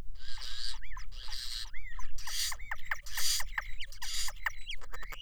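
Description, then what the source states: European Starling song, dense and varied: harsh noisy bursts mixed with quick rising and falling whistles and clicks, delivered almost continuously over a low background hum. Song provided by Justin Kiggins, a neuroscientist who studies auditory perception and the brains of communicating birds.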